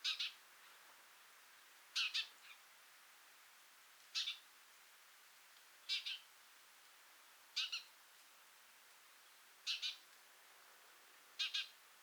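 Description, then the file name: House sparrow chirps, sharp doubled notes repeated roughly every two seconds, with quiet gaps between them. "Passer domesticus"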